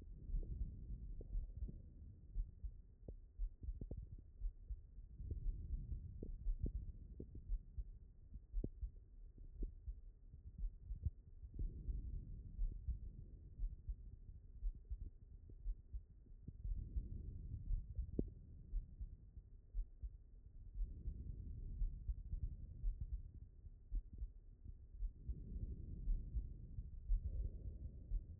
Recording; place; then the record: heart sounds by stethoscope; aortic valve (AV)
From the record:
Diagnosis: HFrEF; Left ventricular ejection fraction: 38%